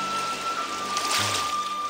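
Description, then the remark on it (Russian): Sea waves wash in a steady, rushing hiss, with a brief surge of spray partway through and a faint steady tone underneath; no one speaks. “Вот и море.”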